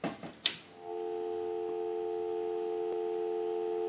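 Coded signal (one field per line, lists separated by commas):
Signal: telephone call progress tone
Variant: North America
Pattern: dial tone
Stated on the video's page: Heard on a Western Electric 202 telephone with bell box during its initial checkout and repair conversion.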